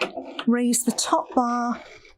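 Someone talks while the top bar of a Bradshaw 1275 care bed side rail is handled and raised toward its locking mechanism, to latch the rail in its up position. Nothing has seated or clicked yet.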